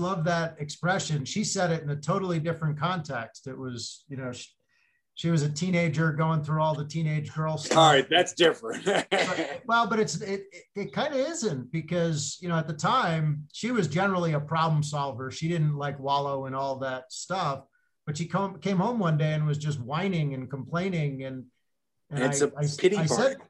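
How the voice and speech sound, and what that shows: A man speaks fluently and conversationally, with an ordinary voice, a normal rate, clear articulation and brief natural pauses between phrases: typical adult speech.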